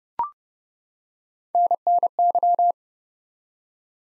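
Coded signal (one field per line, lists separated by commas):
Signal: Morse code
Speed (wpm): 30 wpm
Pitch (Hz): 700 Hz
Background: none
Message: NNY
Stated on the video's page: Morse code practice at 30 wpm of ARRL section abbreviations used in Field Day contest exchanges, each sent, spoken, then sent again.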